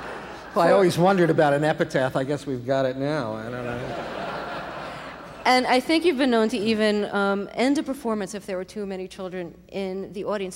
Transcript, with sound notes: Well, I always wondered about an epitaph. I guess we've got it now. I don't know.
(LAUGHTER)
And I think you've been known to even end a performance if there were too many children in the audience.